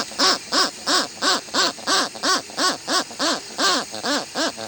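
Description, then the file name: Westland petrel producing a rhythmic sequence of rising-and-falling harsh notes, close to three each second, strong and regular throughout. "westland black petrel song"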